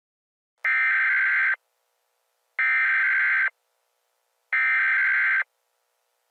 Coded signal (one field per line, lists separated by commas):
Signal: Emergency Alert System (SAME) tones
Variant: header bursts